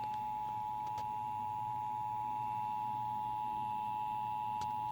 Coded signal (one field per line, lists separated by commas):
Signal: Emergency Alert System (SAME) tones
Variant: 853 and 960 Hz attention tone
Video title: Tornado Warning on WWPW (EAS #207)